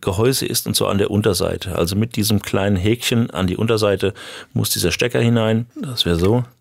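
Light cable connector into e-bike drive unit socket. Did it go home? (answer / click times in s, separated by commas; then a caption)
no / none. Someone talks while lining up the small plastic plug of a Lupine C14 light cable, by its nose and hook, with the opening on the drive unit housing of a Cube Acid Pro-E 140 e-bike. Nothing has clicked or seated yet.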